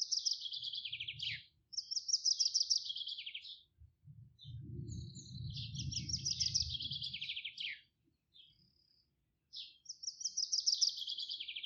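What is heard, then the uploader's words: Birds sing in bright, rapid trills, with phrases near the start, around two to three seconds, a long run from four to eight seconds, and again from ten seconds on. Beneath them, low croaking frogs come in bursts, densest between about four and seven seconds. Relaxing music of nature from a Polish garden in the countryside. Singing birds and croaking frogs from at the polish village sound wonderful and amazing.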